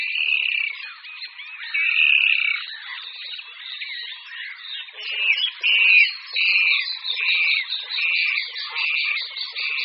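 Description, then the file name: Water rail squealing: drawn-out, harsh, nasal squeals rising and falling, several in close succession, with a continuous high rasping behind them. "Chřástal vodní"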